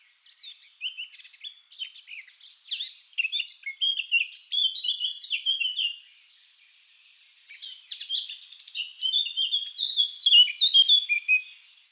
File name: Moenchsgrasmuecke Gesang